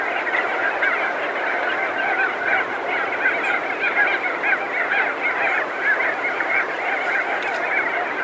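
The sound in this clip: Crested auklets giving a steady wall of honking, chattering calls from many birds at once, continuous and unbroken throughout.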